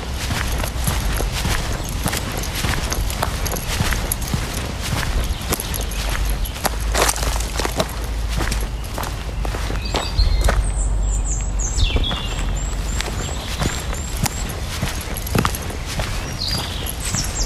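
Footsteps crunch steadily along a forest path, fairly quick, with a constant low rumble underneath. Birds chirp faintly, with high thin calls clustering around the middle and again near the end.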